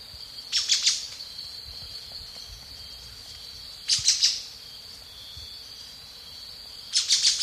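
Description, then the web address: Brown-billed scythebill calling: short bursts of three or four high, sharp notes, repeated about every three seconds over a steady high insect hum. Recorded in Ecuador. "Birds of Ecuador 2. Brown-Billed Scythebill"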